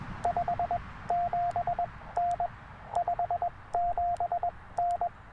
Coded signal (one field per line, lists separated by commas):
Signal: Morse code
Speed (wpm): 20 wpm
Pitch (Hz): 700 Hz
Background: radio noise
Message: 57N 57N